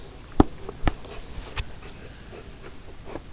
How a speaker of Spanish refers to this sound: Y pasa que el cachorro este mueve la cola y la golpea sobre el piso.